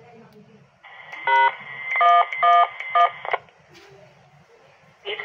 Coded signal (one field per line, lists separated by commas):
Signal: DTMF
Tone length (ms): 230 ms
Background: speech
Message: # 111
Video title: dtmf remote testing